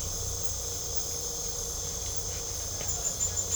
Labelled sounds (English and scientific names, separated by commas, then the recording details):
none
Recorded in pastures near Puerto Asís, Putumayo, Colombia, on 18 December 2024 at 21:00
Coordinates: 0.497, -76.327
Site G088